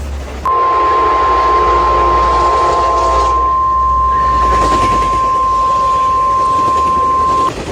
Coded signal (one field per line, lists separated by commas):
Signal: Emergency Alert System (SAME) tones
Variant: 1050 Hz attention tone